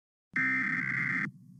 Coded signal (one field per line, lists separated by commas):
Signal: Emergency Alert System (SAME) tones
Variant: header bursts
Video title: Texas | EAS Required Monthly Tests | 10/6/20